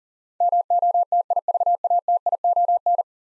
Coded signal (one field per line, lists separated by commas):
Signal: Morse code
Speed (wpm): 40 wpm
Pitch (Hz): 700 Hz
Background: none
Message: MOTIVATION